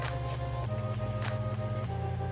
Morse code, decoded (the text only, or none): none